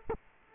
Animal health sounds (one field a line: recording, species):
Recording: mosquito wingbeat signal from an infrared sensor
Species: Aedes aegypti